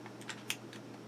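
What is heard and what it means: A part is eased into a handgun frame with the release button pressed, slowly so it doesn't go too far and jam. Small dry ticks and handling scrapes are heard over a low steady hum, with a sharper tick near 0.5 s. Nothing has seated or clicked yet.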